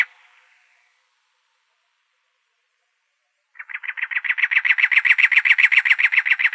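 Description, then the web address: Cactus wren giving a harsh, chugging rattle of rapid repeated notes that builds steadily after a brief scratchy note and a long quiet gap. Recorded in Arizona on 2 October 2003. "Sound Library Wrens Kinglets Gnatcatchers AZFO CACW deviche 031002"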